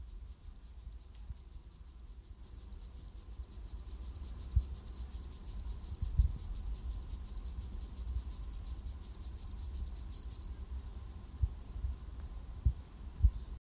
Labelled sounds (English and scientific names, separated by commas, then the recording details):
Upland Field Grasshopper (Chorthippus apricarius) stridulation
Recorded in the wild
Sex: male
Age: imago
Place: Strausberg, Barnim, Brandenburg, DE
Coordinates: 52.5375, 13.8989
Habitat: meadow
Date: 1989-08-13 18:12
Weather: sonnig, 26°C in Sonne
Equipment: Riporter 6 RG-K, Halbspur, Sennheiser MKH 416 T
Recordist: Frommolt, Karl-Heinz
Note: Annatal, Südhang mit lichter Vegetation: Gesang. Bestimmung rein akustisch